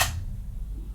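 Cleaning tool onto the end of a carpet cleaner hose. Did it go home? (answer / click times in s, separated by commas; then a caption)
no / none. A plastic upholstery cleaning tool is pushed onto the end of the hose of a Bissell Revolution Pet Pro carpet cleaner. A brief bright scrape of handling opens the clip, followed by a low, steady rumble. Nothing has seated or clicked yet; the tool is not yet home.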